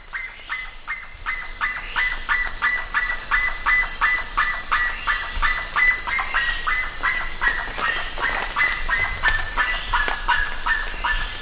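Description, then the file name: Bird calling in a long, even series of short notes, close to three per second, loud and steady throughout. "SABIOD 50 bird 2015"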